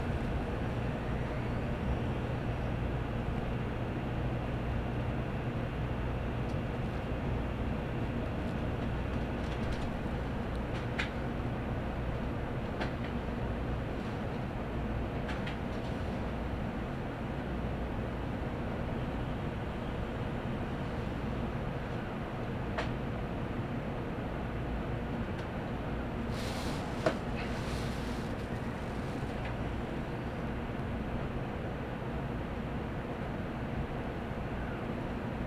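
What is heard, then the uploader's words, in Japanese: A Kodama Shinkansen car rolls from Nagoya toward Toyohashi, its deep, steady rumble holding one level throughout. Faint ticks and rattles surface now and then, and a brief bright hiss flares around the 27-second mark before the even drone continues. 東海道新幹線 名古屋→豊橋 こだま号自由席。14号車に乗車しました。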